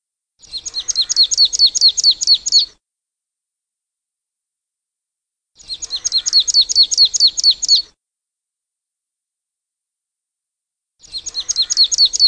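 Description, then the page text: Marsh tit singing: rapid bursts of high chipping notes, each lasting about two seconds and repeated roughly every five seconds, with silence between. Survey playback recording. "Hampshire Ornithological Society 2023 Marsh Tit Survey"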